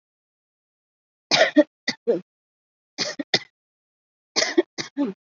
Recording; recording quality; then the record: shallow voluntary cough; excellent, no background noise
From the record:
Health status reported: COVID-19 positive, moderate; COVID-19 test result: positive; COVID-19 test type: RT-PCR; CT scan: not taken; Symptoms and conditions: cough, cold, breathing difficulty, sore throat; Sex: female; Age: 51 years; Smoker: no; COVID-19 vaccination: both doses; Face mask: worn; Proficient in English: yes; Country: India